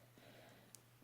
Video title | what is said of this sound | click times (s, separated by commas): bow and key pin beginner project | it back and you can kind of hear it snap and clip when | 0.8 s